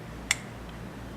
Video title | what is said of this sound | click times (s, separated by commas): beginning trumpet | that's that click | 0.3 s